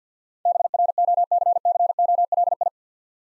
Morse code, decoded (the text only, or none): BROCCOLI